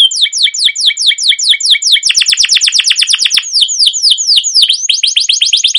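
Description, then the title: Canary trilling continuously: repeated downslurred notes at changing speeds, accelerating to a rapid roll, then slowing again. Long trilling rolling (ngerol) song of a canary in full song (gacor), a master recording used as a lure to prompt other canaries to sing. "CUIT CUIT NGEROL LANGSUNG GACOR PANJANG Kenari Ini AMPUH Utk Pancingan KENAR. Masteran Suara Burung Kenari Gacor Panjang cuit cuit Ngerol untuk Pancingan Kenari!"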